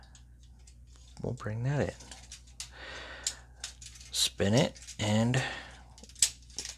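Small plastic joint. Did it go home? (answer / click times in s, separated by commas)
yes / 6.2 s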